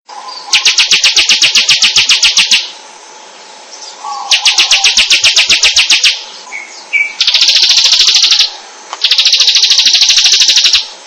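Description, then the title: Bird song: repeated bouts of fast, buzzy high trills, each lasting about one to two seconds, separated by short pauses. "SuaraBurung Kicau"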